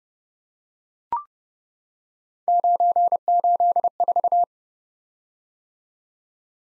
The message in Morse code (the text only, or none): 984